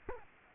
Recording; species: mosquito wingbeat signal from an infrared sensor; Culex quinquefasciatus